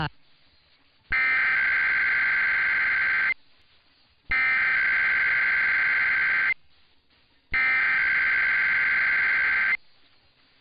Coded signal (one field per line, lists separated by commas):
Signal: Emergency Alert System (SAME) tones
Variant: header bursts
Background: speech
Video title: [EAS #1634] Idaho Statewide Required Monthly Test